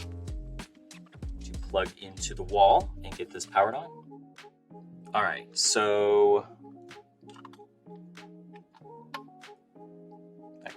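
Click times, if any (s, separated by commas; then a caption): 9.2 s. A wall-plug adapter from the power kit is fitted onto the power supply of a Kaiterra Sensedge indoor air quality monitor while someone talks over background music. A sharp click at 9.2 s shows the adapter seating in place.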